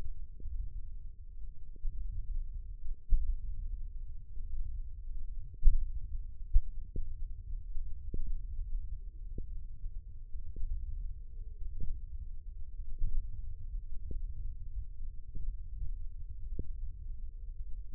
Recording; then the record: forearm muscle sounds (acoustic myography)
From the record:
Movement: hand opening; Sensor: system 1, eight BSWA MPA416 microphones around the upper forearm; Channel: 2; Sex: male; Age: 20 years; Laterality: left